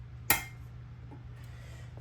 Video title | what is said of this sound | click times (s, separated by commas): Why YOU Should Install Ball Joint DELETES on Your Ford Dana 60 | You want to hear that snap. And you hear that snap, you know it's in there. | 0.3 s